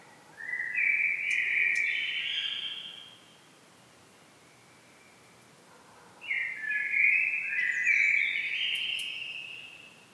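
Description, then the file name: Common blackbird song: a rich, fluty warbled phrase, a pause of about three seconds, then a longer phrase with thin high twittering. "Turdus merula"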